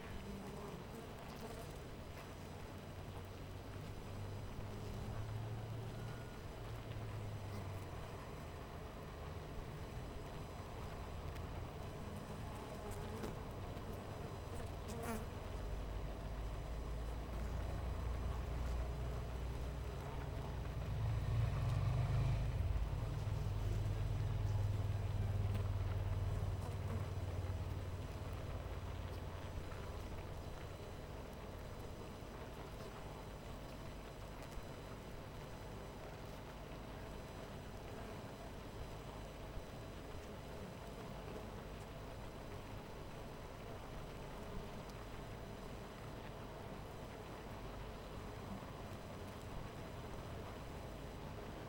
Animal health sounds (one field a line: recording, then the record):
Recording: honeybee colony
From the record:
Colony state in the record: missing queen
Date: 14 July 2017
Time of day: 12:56